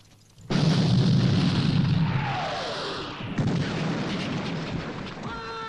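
French cannons fire a volley on a battlefield: a sudden heavy boom bursts in and rolls on as a long rumbling roar, followed by a second thunderous blast as allied artillery returns fire, keeping the low rumble going. No voices are heard.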